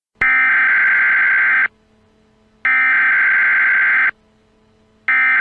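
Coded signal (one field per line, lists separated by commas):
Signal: Emergency Alert System (SAME) tones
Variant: header bursts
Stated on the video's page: Fictional EAS scenario about an Antifa uprising.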